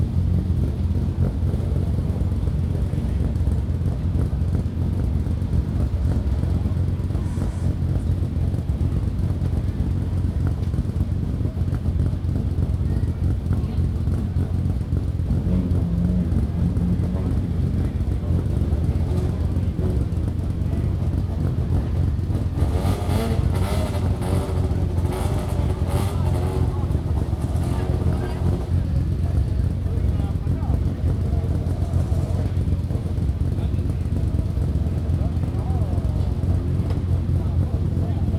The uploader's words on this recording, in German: Die Quelle der absurden Autos war la Piazza Piccola di Sassuolo. Hab' ich also dort die startenden Autos aufgenommen und gestaunt, wie unterschiedlich die doch klingen.